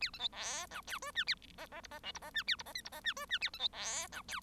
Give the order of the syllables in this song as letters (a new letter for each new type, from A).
A B C D E F G H A I I J I K J I H A J I L J I H G H A B C D E F